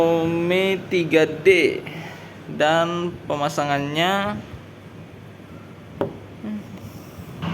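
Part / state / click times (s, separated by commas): pod cartridge into vape device body / seated / 6.0 s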